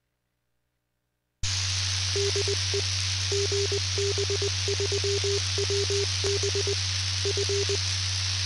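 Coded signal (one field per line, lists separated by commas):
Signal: Morse code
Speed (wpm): 20 wpm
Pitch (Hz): 400 Hz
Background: radio noise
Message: DE GB3WB F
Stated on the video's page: UHF amateur repeater, received only, at a station near Chepstow on the Welsh/English border.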